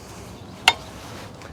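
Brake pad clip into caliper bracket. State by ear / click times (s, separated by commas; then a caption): seated / 0.7 s. A metal brake pad hardware clip is pressed into the caliper bracket of a 2016 Hyundai Tucson's front brakes during a brake pad replacement. A single sharp, bright metallic snap is heard at 0.7 s as it seats, followed by a faint softer tick near 1.4 s. The clip is snapped into place.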